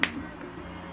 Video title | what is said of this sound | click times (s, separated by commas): HOW TO CHECK Digital Thermometer, Oral , Underarm THERMOMETER for Adults , Kids, Babies | hear a click sound and to press it on you need to press it here okay | 0.0 s